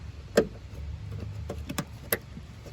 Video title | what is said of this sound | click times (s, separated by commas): 2002 Chevrolet Cavalier Front Window Motor Replacement | it's snapped right in. | 2.1 s